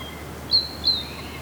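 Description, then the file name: Great tit calling: two brief, high, thin notes about a third of a second apart, over faint background noise. "Parus major"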